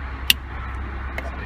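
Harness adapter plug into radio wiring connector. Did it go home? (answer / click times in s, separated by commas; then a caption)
yes / 0.3 s. A radio wiring harness adapter plug is pushed into the stereo's plastic harness connector during a 2001–2004 Dodge Dakota/Durango radio install, with a steady low hum underneath. A sharp click at 0.3 s shows the plugs snapping together and seating, followed by a fainter tick around 1.2 s.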